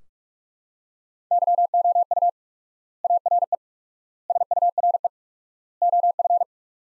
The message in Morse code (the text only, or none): YOU ARE SURE OF